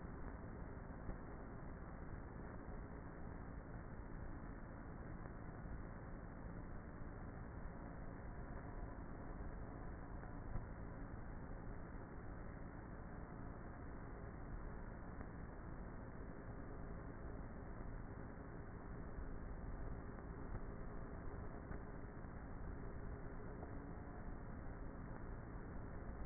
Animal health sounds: honeybee colony, microphone inside the hive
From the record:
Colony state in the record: queenless with a low population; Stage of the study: before two queens were removed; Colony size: about 30,000 bees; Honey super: no

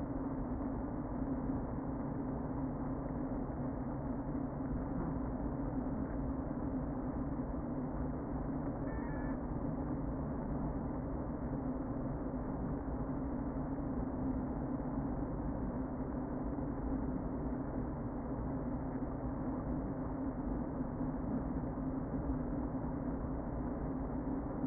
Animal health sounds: honeybee colony, microphone inside the hive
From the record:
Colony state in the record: queen present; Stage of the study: before two queens were removed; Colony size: about 60,000 bees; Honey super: yes

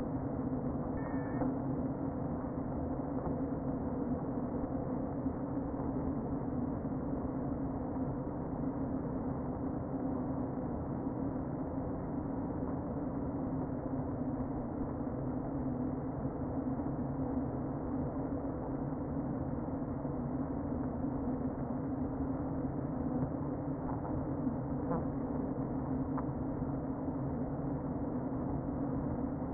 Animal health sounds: honeybee colony, microphone inside the hive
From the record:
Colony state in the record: queen present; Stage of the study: before two queens were removed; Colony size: about 60,000 bees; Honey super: yes

